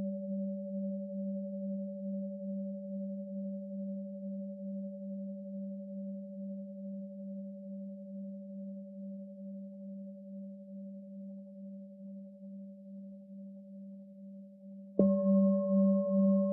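A singing bowl rings with a steady low hum and a clear higher tone, pulsing gently as it slowly fades over about fifteen seconds. Near the end, a fresh strike brings a sudden louder ring with an added bright overtone.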